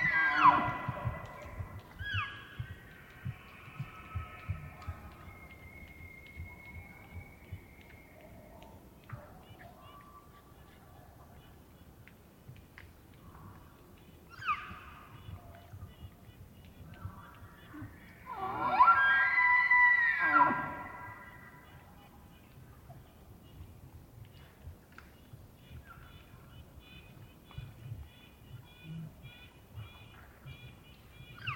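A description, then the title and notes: Elk call across open ground, with a loud bull bugle rising into a high, squealing whistle around the twentieth second, and shorter whistling and chirping calls near the start and middle. A steady low rumble and soft thumping run underneath throughout. It was rutting season in the Colockum Wildlife area. These are raw tracks, down-mixed to stereo (from double-m/s), normalized to -23 LUFS and down-sampled to 48k with no other filtering. A mighty wind storm had blown through during the night, with some occasional gusting still noticeable in the trees.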